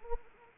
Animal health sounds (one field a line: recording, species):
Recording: mosquito wingbeat signal from an infrared sensor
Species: Anopheles arabiensis